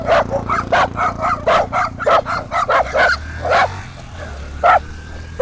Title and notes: Mutt dogs. enregistrée en binaural par des chiens d’un quartier récemment urbanisé en bordure de Belo Horizonte, au sud-est du Brésil. Les preneurs de son Marmita, Pretinha, Nina, Bob, Frida et Una. “vira-latas”. you bark when a motorcycle passes by